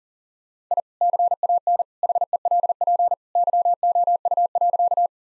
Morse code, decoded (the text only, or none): I CAN HELP YOU.